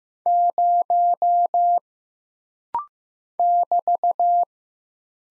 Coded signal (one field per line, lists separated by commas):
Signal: Morse code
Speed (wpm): 15 wpm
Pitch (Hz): 700 Hz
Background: none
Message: 0 <BT>